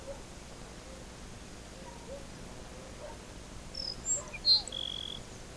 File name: grassland sparrow